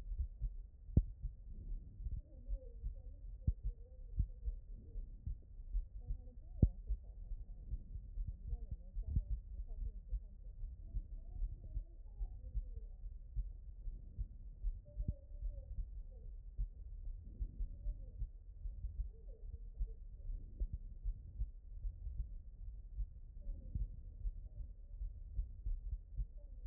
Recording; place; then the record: heart sounds by stethoscope; aortic valve (AV)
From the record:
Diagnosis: HFrEF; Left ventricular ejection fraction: 34%